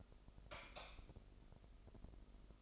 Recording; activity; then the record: daily activity, microphone in the room; light off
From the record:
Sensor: 5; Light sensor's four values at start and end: 33/79/31/31 and 32/74/30/29